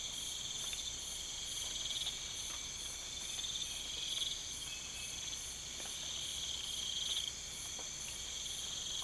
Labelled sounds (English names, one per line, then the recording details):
none
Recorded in pastures near Puerto Asís, Putumayo, Colombia, on 20 December 2024 at 03:30
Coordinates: 0.472, -76.329
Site G072